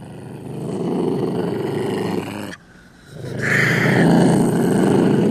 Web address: ocelot